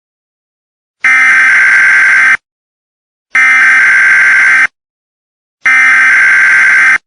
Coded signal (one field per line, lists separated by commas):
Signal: Emergency Alert System (SAME) tones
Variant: header bursts